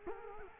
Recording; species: mosquito wingbeat signal from an infrared sensor; Culex quinquefasciatus